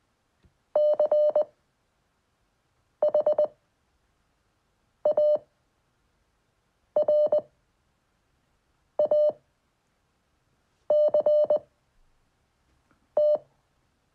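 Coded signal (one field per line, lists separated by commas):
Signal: Morse code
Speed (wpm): 20 wpm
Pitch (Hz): 600 Hz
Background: none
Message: CHARACT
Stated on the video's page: Morse code learned at 5 WPM for a ham licence, as a beginner's seven-day self-experiment.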